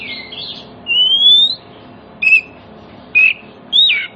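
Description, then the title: Oriental magpie-robin song: a long, gently rising pure whistle followed by three short separate chirps, with faint background hum. Oriental magpie-robin song that prompts other magpie-robins, including ones that have stopped singing, to answer and sing within minutes. "Cukup Hitungan Menit Kacer Lain Bisa Bunyi. CUKUP 5 Menit Kacer LAIN NYAUT JADI GACOR, PANCINGAN KACER MACET BUNYI"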